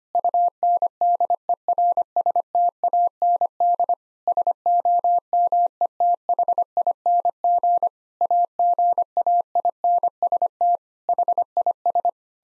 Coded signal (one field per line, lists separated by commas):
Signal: Morse code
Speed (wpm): 25 wpm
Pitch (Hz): 700 Hz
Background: none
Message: UNDERSTAND SOMETHING AGAINST HIS